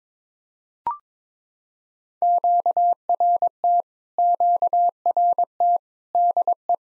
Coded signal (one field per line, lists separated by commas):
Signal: Morse code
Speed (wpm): 22 wpm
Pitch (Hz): 700 Hz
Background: none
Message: QRT QRT DE